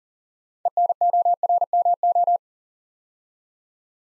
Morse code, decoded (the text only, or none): ENORMO